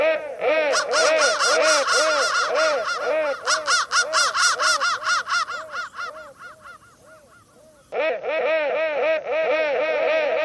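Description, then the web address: Crows cawing in a dense chorus, many harsh arched calls overlapping rapidly, thinning after six seconds, a brief pause, then a loud burst of cawing resumes. "soundfactory crow"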